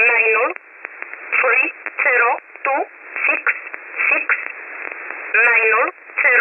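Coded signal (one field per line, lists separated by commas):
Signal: numbers station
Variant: E11 Oblique, English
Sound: a voice reading short, evenly spaced single words over sideband radio hiss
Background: radio static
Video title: 20 09 2022 Numbers Station E11 Oblique in English to Eu 0722 on 9963 Warsaw in USB mode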